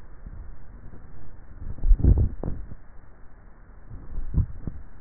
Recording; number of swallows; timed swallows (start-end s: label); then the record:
swallowing sounds by neck microphone; 2
1.78-2.58 s: swallow
4.15-4.68 s: swallow
From the record:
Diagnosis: dysphagia